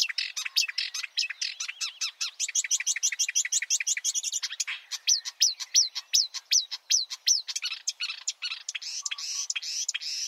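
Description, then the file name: Marsh warbler song, a fast varied run of sharp chirps and buzzy trills, then a series of repeated whistled notes and harsher rasping phrases near the end. "suara-kicauan-burung-marsh-warbler -omkicau"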